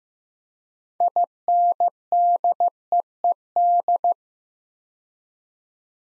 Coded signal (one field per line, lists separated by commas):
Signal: Morse code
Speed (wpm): 15 wpm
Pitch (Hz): 700 Hz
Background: none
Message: INDEED